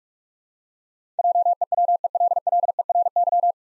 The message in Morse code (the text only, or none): JEWELLERY